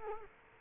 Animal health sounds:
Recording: mosquito wingbeat signal from an infrared sensor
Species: Culex quinquefasciatus

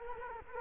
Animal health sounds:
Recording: mosquito wingbeat signal from an infrared sensor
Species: Culex quinquefasciatus

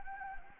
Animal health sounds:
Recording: mosquito wingbeat signal from an infrared sensor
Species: Anopheles gambiae

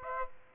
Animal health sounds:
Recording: mosquito wingbeat signal from an infrared sensor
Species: Aedes aegypti

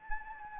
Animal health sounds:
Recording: mosquito wingbeat signal from an infrared sensor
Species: Anopheles gambiae

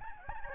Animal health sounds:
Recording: mosquito wingbeat signal from an infrared sensor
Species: Aedes albopictus

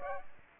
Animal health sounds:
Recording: mosquito wingbeat signal from an infrared sensor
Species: Aedes aegypti

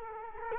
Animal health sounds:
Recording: mosquito wingbeat signal from an infrared sensor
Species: Culex quinquefasciatus

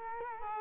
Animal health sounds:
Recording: mosquito wingbeat signal from an infrared sensor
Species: Culex quinquefasciatus

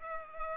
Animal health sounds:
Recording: mosquito wingbeat signal from an infrared sensor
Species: Culex pipiens

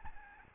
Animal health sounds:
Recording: mosquito wingbeat signal from an infrared sensor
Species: Aedes albopictus

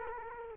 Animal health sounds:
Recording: mosquito wingbeat signal from an infrared sensor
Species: Culex quinquefasciatus

